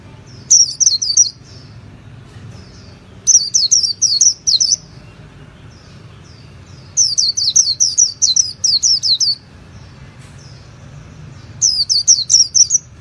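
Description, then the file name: White-eye giving short bursts of rapid, high twittering notes, separated by pauses of a few seconds, with a low background rumble. Song style called 'líu' in Vietnamese. "tieng khuyen liu"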